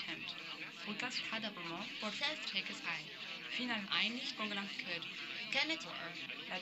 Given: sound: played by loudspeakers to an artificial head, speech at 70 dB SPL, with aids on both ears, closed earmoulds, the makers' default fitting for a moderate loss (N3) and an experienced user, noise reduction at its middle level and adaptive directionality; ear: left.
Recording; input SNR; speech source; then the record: speech test signal (ISTS) in cocktail-party noise; +6 dB; in front (0 degrees)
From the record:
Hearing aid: class 1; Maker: D